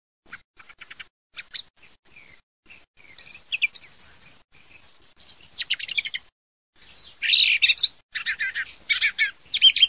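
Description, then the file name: Thrush song: a string of varied, loud phrases with short pauses between them, mixing clear whistles with harsher chattering notes. "TORDOSB"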